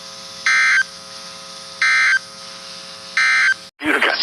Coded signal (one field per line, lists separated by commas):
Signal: Emergency Alert System (SAME) tones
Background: speech